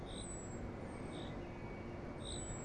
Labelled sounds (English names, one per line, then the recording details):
Common Chaffinch
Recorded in Germany
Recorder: ecoPi